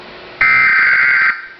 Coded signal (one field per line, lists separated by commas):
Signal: Emergency Alert System (SAME) tones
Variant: header bursts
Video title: Nationwide Emergency Alert System Test